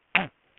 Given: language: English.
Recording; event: throat vibration sensor signal played as sound; throat clearing